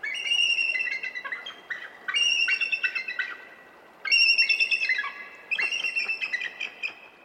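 Bald Eagle calls: four bursts of high, thin piping and chittering notes, some dropping in pitch, separated by short pauses.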